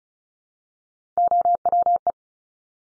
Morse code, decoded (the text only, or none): OWE